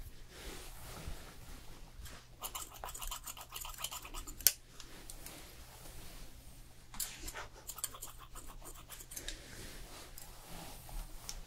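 Fast haircut and hair styling: quick bursts of crisp snipping and scratchy brushing come in clusters, notably around 2–4 seconds and 7–10 seconds. A sharp click lands near 4.5 seconds, and a low steady hum runs underneath throughout.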